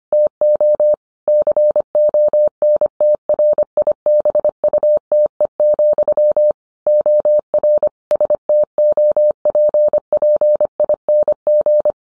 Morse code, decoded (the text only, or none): TO CONTRIBUTE, OR STOPPING